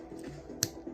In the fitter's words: there we go there's the click I had to have the back snapped in proper